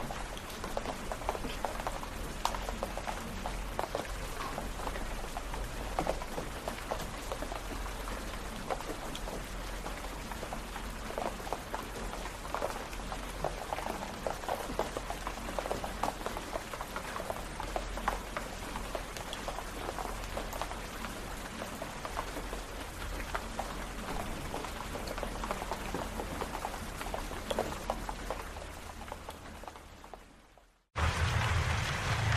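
Steady, dense rain patters without letup, fading out just before the thirty-second mark, then abruptly cutting back in at full strength.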